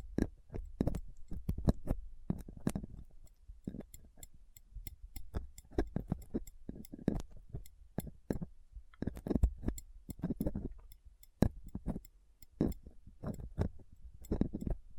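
A dental pick, tweezers and a cotton swab scrape and tap against a microphone, giving a rapid run of sharp clicks and scratches. The ticks come irregularly, several per second, with a dull low thump under many of them and brief quieter gaps between.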